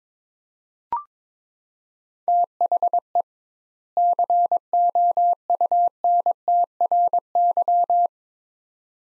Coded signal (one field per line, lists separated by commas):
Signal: Morse code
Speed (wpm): 22 wpm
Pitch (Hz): 700 Hz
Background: none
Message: THE COUNTRY